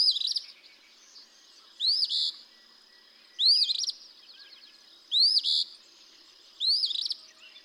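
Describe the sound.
Eastern Phoebe singing a raspy, buzzy two-part phrase, a rising sweep then a burred note, repeated several times.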